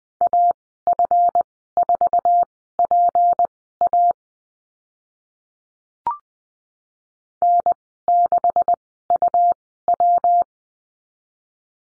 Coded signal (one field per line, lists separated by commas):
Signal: Morse code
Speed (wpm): 20 wpm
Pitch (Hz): 700 Hz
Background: none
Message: AF4PA N6UW